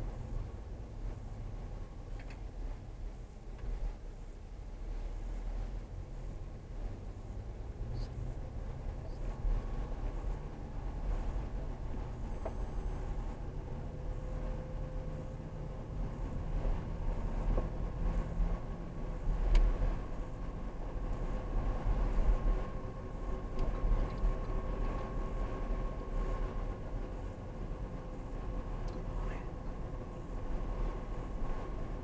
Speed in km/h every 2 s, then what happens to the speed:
11, 15, 23, 26, 31, 32, 32, 32, 37, 37, 42, 39, 37, 37, 39, 37.
0-19 speeds up to 42.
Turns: none.